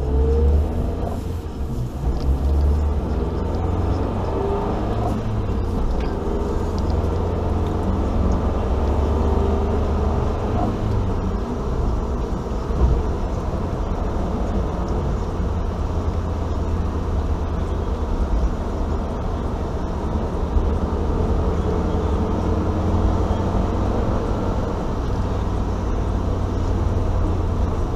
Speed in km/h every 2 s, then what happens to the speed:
24, 30, 37, 49, 57, 65, 70, 70, 69, 69, 71, 74, 75, 73.
0-12 speeds up to 70. 12-18 steady at about 69. 18-23 speeds up to 75.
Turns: none.